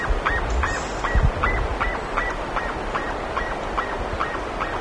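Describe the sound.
Bird giving about a dozen short honking notes at a steady pace, over low rumbling noise and hiss.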